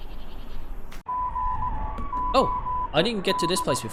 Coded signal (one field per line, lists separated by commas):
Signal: Morse code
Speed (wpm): 18 wpm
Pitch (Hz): 1000 Hz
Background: speech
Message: GOD